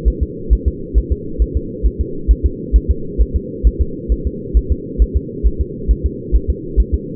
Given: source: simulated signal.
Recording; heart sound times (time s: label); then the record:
fetal heart sounds
0.08 s: S1
0.23 s: S2
0.53 s: S1
0.68 s: S2
0.98 s: S1
1.12 s: S2
1.42 s: S1
1.57 s: S2
1.86 s: S1
2.01 s: S2
2.31 s: S1
2.46 s: S2
2.76 s: S1
2.91 s: S2
3.21 s: S1
3.36 s: S2
3.67 s: S1
3.81 s: S2
4.12 s: S1
4.27 s: S2
4.57 s: S1
4.72 s: S2
5.02 s: S1
5.17 s: S2
5.47 s: S1
5.61 s: S2
5.91 s: S1
6.06 s: S2
6.36 s: S1
6.50 s: S2
6.80 s: S1
6.94 s: S2
From the record:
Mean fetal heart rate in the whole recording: 135 bpm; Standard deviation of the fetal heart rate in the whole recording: 3 bpm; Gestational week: 34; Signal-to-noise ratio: -4.3 dB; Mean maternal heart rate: 72 bpm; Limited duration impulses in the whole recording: absent